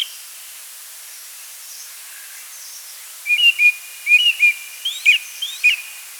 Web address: Chestnut Thrush Song